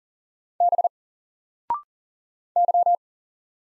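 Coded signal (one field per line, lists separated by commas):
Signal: Morse code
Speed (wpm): 40 wpm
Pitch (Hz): 700 Hz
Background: none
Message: B Y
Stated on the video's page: Single-letter Morse drill at 40 wpm, each letter sent, spoken after a 0.6 s pause, then sent again.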